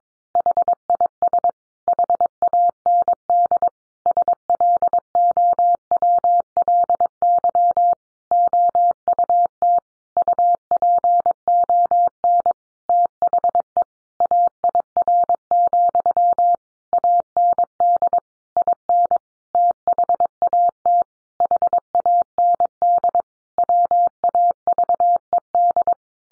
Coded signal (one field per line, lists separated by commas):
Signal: Morse code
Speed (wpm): 22 wpm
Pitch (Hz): 700 Hz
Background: none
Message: HIS HAND SLOWLY OUT UPON THE AIR, AND IN THAT HAND WAVED